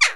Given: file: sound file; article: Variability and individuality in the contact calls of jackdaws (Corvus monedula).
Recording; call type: jackdaw call; harmonic